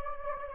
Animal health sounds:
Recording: mosquito wingbeat signal from an infrared sensor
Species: Anopheles gambiae

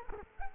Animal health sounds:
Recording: mosquito wingbeat signal from an infrared sensor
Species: Culex quinquefasciatus

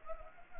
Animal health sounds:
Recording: mosquito wingbeat signal from an infrared sensor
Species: Anopheles gambiae

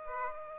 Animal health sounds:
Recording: mosquito wingbeat signal from an infrared sensor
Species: Aedes aegypti

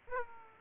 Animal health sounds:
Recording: mosquito wingbeat signal from an infrared sensor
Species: Aedes aegypti

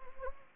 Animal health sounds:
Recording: mosquito wingbeat signal from an infrared sensor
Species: Anopheles gambiae

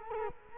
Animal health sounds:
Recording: mosquito wingbeat signal from an infrared sensor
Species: Culex quinquefasciatus

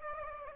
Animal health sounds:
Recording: mosquito wingbeat signal from an infrared sensor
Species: Aedes aegypti

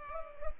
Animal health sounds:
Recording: mosquito wingbeat signal from an infrared sensor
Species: Culex pipiens

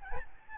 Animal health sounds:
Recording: mosquito wingbeat signal from an infrared sensor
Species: Aedes albopictus

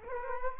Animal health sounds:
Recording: mosquito wingbeat signal from an infrared sensor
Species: Culex quinquefasciatus

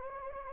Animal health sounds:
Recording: mosquito wingbeat signal from an infrared sensor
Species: Anopheles gambiae

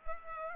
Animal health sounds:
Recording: mosquito wingbeat signal from an infrared sensor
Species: Culex pipiens

